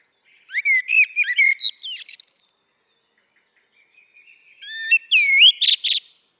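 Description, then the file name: Common blackbird with a whistled phrase ending in rapid high chatter, then silence, then a rising whistle and sharp squeaky notes. "Turdus merula"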